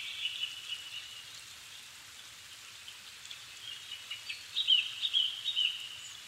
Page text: kurotugumi 20110507-1759. Turdus cardis [Sounds -Nikko Today-]